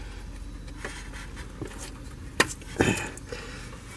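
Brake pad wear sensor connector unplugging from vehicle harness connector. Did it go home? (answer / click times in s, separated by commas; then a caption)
released / 2.4 s. A plastic brake pad wear sensor connector behind the front trim of a Range Rover Sport with Brembo calipers is unplugged from the vehicle harness connector by pressing its release tab and pulling it apart. A sharp click at 2.4 s is followed by a louder rustling knock around 2.8 s, with faint handling noises before and after. The connector is released.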